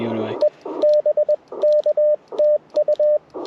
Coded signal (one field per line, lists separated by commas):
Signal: Morse code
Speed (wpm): 20 wpm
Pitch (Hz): 590 Hz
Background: speech, radio noise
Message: E BK TU